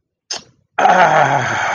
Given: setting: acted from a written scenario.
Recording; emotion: vocal sound without words; ecstasy